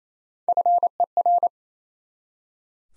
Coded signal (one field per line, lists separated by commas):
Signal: Morse code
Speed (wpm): 38 wpm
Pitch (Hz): 700 Hz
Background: none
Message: FER